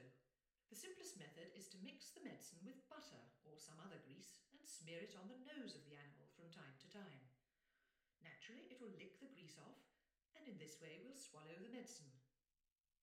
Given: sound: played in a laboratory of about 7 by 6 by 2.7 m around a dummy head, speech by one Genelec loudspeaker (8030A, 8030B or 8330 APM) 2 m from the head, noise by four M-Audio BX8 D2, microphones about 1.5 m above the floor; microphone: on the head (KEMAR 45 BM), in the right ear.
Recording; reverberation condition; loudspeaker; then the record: female speech in English; medium; in front (0 degrees)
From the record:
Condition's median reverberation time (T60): about 510 ms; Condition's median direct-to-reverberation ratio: about -0.5 dB